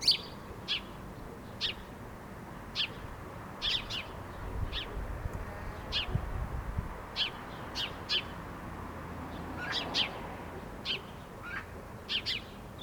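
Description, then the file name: House sparrow calls, short high chirps repeated roughly every second or so, fairly soft against a low rumbling background. "Passer domesticus"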